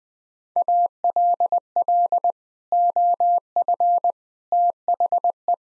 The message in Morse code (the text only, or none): ALL OF THE